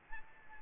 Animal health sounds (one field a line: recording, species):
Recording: mosquito wingbeat signal from an infrared sensor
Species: Aedes albopictus